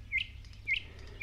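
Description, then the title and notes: Thrush nightingale singing: a sharp, chirped note repeated about every half second, three times in a row, over a low background rumble. Featured as the nature sound of the week. "Satakieli. Viikon luontoäänen esitteli Pertti Purhonen"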